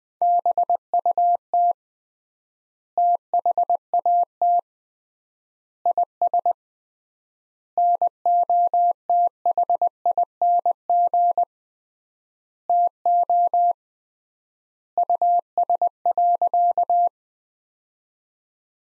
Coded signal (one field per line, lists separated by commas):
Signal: Morse code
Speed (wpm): 21 wpm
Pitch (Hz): 700 Hz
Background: none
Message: BUT THAT IS NOTHING TO US.